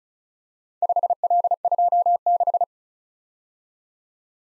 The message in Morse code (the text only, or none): 5L26